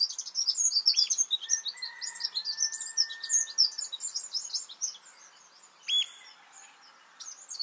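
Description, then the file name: Eurasian wren song: a long, very fast cascade of high trills and chattering notes, with steady whistled notes underneath and a brief later phrase. "Troglodytes troglodytes"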